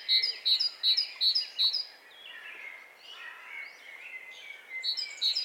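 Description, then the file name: Great tit opening with five quick bright paired notes, a pause filled by other birds' warbling, then a couple more notes at the end. "Parus major"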